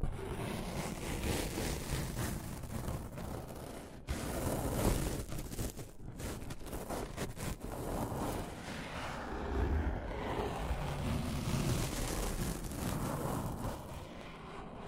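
Rough scratching and tracing strokes rasp continuously, dense and uneven, with brief breaks near four and six seconds and low rumbling underneath.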